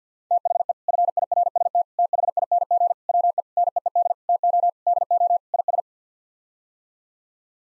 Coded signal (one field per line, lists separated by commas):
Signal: Morse code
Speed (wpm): 50 wpm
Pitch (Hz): 700 Hz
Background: none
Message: THE FIRST THING WE NEED TO DO IS